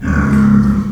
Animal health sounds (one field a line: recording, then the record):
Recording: squeal of a Yucatan mini pig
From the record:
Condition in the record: after surgery on the right vocal fold (resection and tissue-engineered implant)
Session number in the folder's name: 17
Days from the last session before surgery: 195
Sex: female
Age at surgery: 19 weeks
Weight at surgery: 25 kg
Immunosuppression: prednisolone